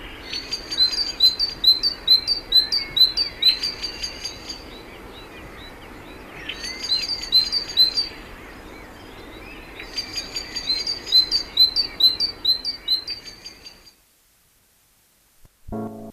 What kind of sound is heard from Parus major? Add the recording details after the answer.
song. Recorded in the wild. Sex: male. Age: adult. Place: Garmisch-Partenkirchen, Bayern, DE. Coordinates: 47.4914, 11.0694. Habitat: urban area. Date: 1964-03-30. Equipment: Vollspur. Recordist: Tretzel, Erwin